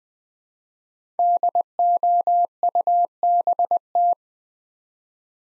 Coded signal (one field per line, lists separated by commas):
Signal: Morse code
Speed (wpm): 20 wpm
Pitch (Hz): 700 Hz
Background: none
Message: DOUBT